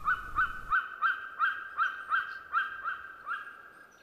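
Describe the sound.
Golden Eagle calling with a series of yelps, fading toward the end; a brief low rumble is heard in the first second.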